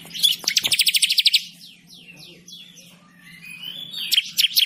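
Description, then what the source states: Bird chirping song: a fast run of sharp, high chirps, then a quiet gap with a faint low hum, and more chirps near the end. Bird with a melodious voice.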